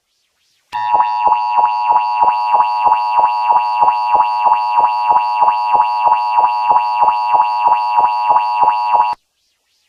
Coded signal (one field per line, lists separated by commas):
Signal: Emergency Alert System (SAME) tones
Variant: 853 and 960 Hz attention tone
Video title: *VALID TONES* EAS Scenario: Hell Storm